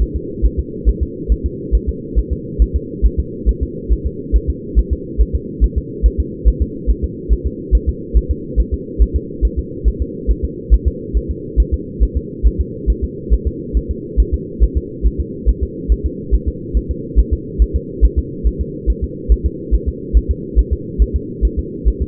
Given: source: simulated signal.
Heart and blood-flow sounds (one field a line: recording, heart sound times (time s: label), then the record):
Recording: fetal heart sounds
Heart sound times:
0.02 s: S1
0.16 s: S2
0.45 s: S1
0.59 s: S2
0.89 s: S1
1.03 s: S2
1.32 s: S1
1.46 s: S2
1.75 s: S1
1.89 s: S2
2.19 s: S1
2.33 s: S2
2.62 s: S1
2.76 s: S2
3.06 s: S1
3.19 s: S2
3.49 s: S1
3.63 s: S2
3.92 s: S1
4.06 s: S2
4.36 s: S1
4.50 s: S2
4.79 s: S1
4.93 s: S2
5.21 s: S1
5.35 s: S2
5.64 s: S1
5.78 s: S2
6.06 s: S1
6.20 s: S2
6.48 s: S1
6.62 s: S2
6.90 s: S1
7.04 s: S2
7.33 s: S1
7.47 s: S2
7.75 s: S1
7.89 s: S2
8.17 s: S1
8.31 s: S2
8.60 s: S1
8.74 s: S2
9.02 s: S1
9.16 s: S2
9.45 s: S1
9.59 s: S2
9.88 s: S1
10.02 s: S2
10.31 s: S1
10.45 s: S2
10.74 s: S1
10.88 s: S2
11.17 s: S1
11.31 s: S2
11.60 s: S1
11.74 s: S2
12.03 s: S1
12.17 s: S2
12.47 s: S1
12.61 s: S2
12.90 s: S1
13.04 s: S2
13.33 s: S1
13.47 s: S2
13.77 s: S1
13.91 s: S2
14.20 s: S1
14.34 s: S2
14.63 s: S1
14.77 s: S2
15.06 s: S1
15.20 s: S2
15.49 s: S1
15.63 s: S2
15.92 s: S1
16.06 s: S2
16.34 s: S1
16.48 s: S2
16.77 s: S1
16.91 s: S2
17.19 s: S1
17.33 s: S2
17.62 s: S1
17.76 s: S2
18.05 s: S1
18.19 s: S2
18.47 s: S1
18.61 s: S2
18.90 s: S1
19.04 s: S2
19.32 s: S1
19.46 s: S2
19.74 s: S1
19.88 s: S2
20.17 s: S1
20.31 s: S2
20.59 s: S1
20.73 s: S2
21.02 s: S1
21.16 s: S2
21.45 s: S1
21.59 s: S2
21.88 s: S1
22.02 s: S2
From the record:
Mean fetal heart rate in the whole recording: 140 bpm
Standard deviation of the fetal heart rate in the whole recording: 2 bpm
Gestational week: 34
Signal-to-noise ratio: -4.1 dB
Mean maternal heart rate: no maternal heart sound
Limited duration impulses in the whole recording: absent